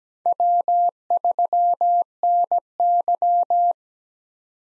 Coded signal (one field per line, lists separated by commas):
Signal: Morse code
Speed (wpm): 17 wpm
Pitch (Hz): 700 Hz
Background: none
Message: W3NY